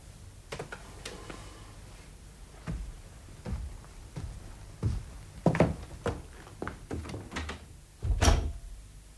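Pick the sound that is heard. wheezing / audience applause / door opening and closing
door opening and closing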